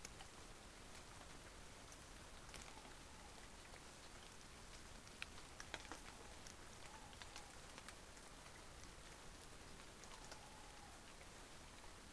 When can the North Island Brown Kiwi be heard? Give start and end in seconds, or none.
none